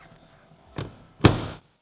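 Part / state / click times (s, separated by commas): rear seat back latching into car body lock / seated / 1.3 s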